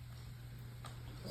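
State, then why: Not seated. A therapist checks the plastic strap clip in its buckle on a thoracic-lumbar-sacral back brace; the clip is loose and has not snapped. A steady low hum runs throughout, with one faint, brief handling sound near 0.9 s. Nothing has clicked or seated yet.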